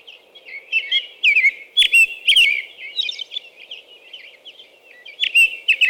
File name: American Robin